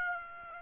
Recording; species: mosquito wingbeat signal from an infrared sensor; Aedes aegypti